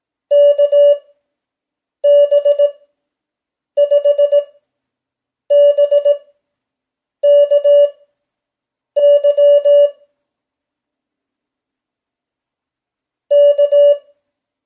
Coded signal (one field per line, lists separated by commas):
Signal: Morse code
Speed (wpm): 18 wpm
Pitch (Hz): 580 Hz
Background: none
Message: KB5BKY K